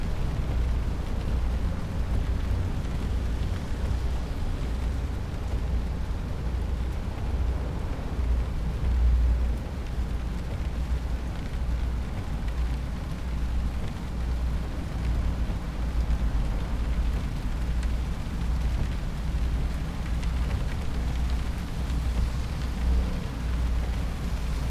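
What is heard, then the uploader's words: Inside a car on a rainy day, a deep, steady rumble fills the cabin, heaviest in the low end and unchanging across the whole clip. A dense, even patter of rain runs over it, continuous, without distinct drops or breaks. Car Interior On a Rainy Day.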